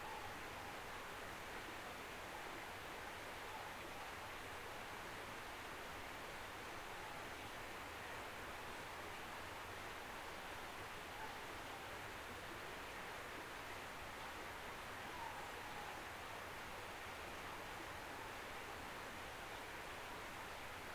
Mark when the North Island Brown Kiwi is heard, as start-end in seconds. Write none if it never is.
none